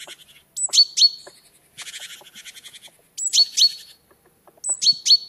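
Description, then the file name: Great tit calling with a high note followed by paired lower notes, broken by a scratchy buzzing churr between the phrases. "Parus major"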